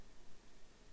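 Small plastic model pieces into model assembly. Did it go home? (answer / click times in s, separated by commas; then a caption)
no / none. Two small plastic model pieces are being handled and pushed toward their place in a model assembly, giving only a soft, steady broadband hiss with faint rustling. Nothing has seated or clicked into place yet.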